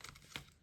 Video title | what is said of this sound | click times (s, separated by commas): Magnetised shaker closure for pop up journal cover | magnetized okay my paper's still a bit wet so you won't hear the the sharp click of the magnets | 0.4 s